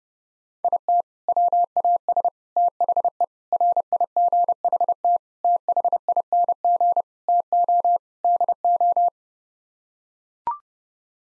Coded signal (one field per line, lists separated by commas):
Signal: Morse code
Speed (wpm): 32 wpm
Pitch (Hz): 700 Hz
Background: none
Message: IT WAS THE RIGHT THING TO DO